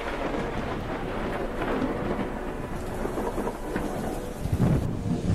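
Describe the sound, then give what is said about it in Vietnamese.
Heavy rain pours in a steady, dense hiss while deep thunder rumbles low underneath, swelling louder near the end. No voices are present. “Về đến cổng nhà thì quả nhiên là mưa ập xuống, sấm chớp lập lòe, trông như là giận dữ lắm.”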